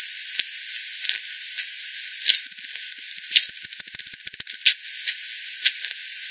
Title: bat 20201007 T 18 : 10 Z-Hogsmill-Lane-Hogsmill-River-multiple-bats